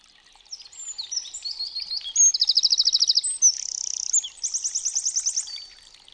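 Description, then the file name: Eurasian wren song: a loud, fast, high-pitched outpouring of tinkling notes and rapid rattling trills, with several distinct trilled sections in quick succession over about five seconds. "STRZYZYK"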